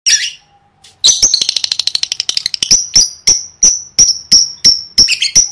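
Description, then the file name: Lovebird starts with one squawk, then a rapid rattling series of clicks slowing into evenly spaced sharp chirps, about three per second. "tieng vet mau don"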